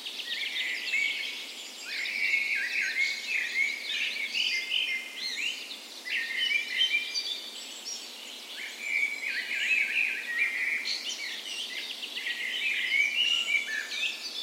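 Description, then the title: Birds in full dawn chorus: a steady wash of overlapping trills, chirps and whistled notes from several singers, busy and unbroken. Dawn chorus in a park west in Bergen, Norway, on the morning of 17 May, Norway's National Day, in spring; Sony PCM A10 recorder, LOM micro Usi mics used as tree ears. "17th Of May Dawn Chorus"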